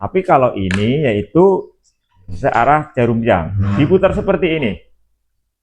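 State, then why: Not seated. The plastic pump head of a Zinc shampoo bottle is being turned clockwise to lock it while someone talks throughout. The clip ends before the pump head locks, so nothing has seated or clicked yet.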